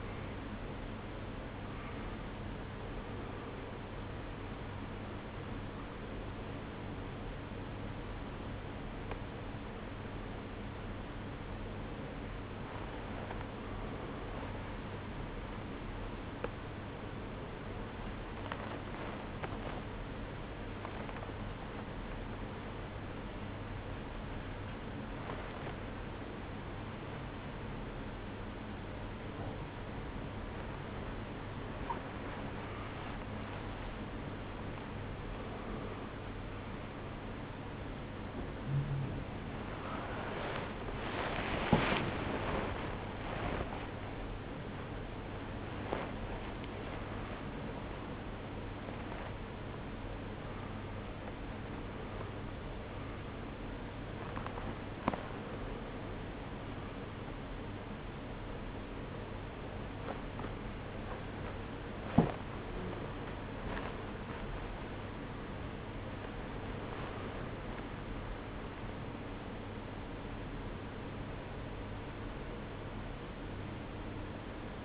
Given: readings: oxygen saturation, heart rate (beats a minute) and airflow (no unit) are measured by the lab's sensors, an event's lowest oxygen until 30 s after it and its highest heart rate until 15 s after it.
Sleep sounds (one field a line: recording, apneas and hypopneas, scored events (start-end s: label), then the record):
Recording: a person awake in a sleep study, by a voice recorder at the bedside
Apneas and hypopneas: none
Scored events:
0.00-74.85 s: awake
From the record:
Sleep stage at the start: awake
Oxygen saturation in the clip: 92 to 96%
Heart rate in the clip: 65 to 78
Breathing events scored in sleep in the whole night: 305 in 9.6 hours asleep